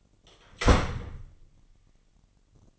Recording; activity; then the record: daily activity, microphone in the room; close door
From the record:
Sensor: 4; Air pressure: 999.1 hPa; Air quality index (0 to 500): 119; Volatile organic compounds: 2 ppm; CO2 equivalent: 1173 ppm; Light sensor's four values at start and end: 12/29/12/13 and 12/29/12/13